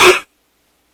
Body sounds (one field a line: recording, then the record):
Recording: coughing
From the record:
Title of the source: 64 coughing, allergies, singing lungs